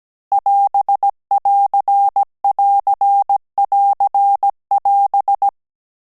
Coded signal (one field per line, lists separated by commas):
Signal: Morse code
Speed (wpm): 17 wpm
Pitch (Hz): 800 Hz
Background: none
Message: <AS><AR><AR><AR><AS>